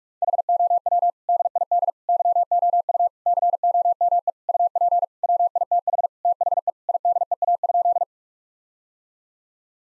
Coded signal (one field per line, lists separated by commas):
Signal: Morse code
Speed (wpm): 46 wpm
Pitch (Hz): 700 Hz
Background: none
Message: HOW DID YOU COME UP WITH THE IDEA?